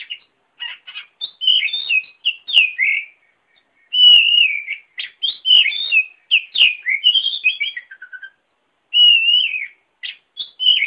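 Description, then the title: Oriental magpie-robin singing rich, varied whistles and warbles in quick bursts, with a brief silence before a fresh run of phrases. "Kacer"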